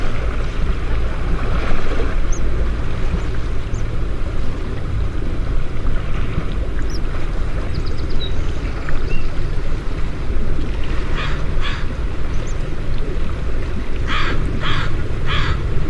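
Water flows in a steady, heavy low rush throughout, with faint scattered bird chirps and a few brighter bird calls near the end.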